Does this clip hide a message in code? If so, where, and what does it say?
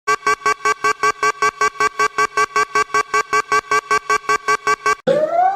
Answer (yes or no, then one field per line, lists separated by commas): no